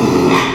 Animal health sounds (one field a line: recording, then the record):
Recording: squeal of a Yucatan mini pig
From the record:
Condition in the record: after surgery on the right vocal fold (resection and tissue-engineered implant)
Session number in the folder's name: 1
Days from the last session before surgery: 6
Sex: male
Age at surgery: 12 weeks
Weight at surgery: 13 kg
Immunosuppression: cyclosporine, prednisolone